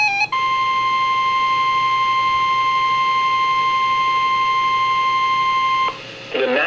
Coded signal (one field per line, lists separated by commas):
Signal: Emergency Alert System (SAME) tones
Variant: 1050 Hz attention tone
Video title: October 27 - December 31, 2021 EAS Compilation (EAS #2393-2402)